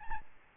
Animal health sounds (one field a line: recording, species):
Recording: mosquito wingbeat signal from an infrared sensor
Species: Aedes albopictus